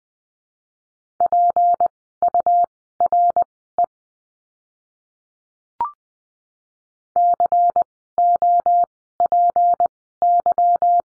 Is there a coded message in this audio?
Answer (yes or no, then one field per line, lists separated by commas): yes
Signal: Morse code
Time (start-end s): 1.2-11.0 s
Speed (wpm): 20 wpm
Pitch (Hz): 700 Hz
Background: none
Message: PURE COPY